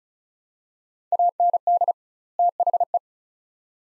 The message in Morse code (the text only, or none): AND THE